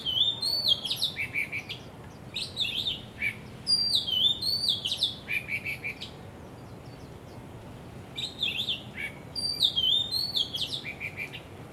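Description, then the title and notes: Bird song: several bright warbling phrases of swooping high notes, separated by short pauses, against a continuous faint hiss. Birds singing vigorously at Wu Kai Sha, Hong Kong, on 15 December 2006, recorded with AKG condenser microphones in XY stereo. "香港 烏溪沙 雀鳥勁唱歌 Date: 15 December 2006"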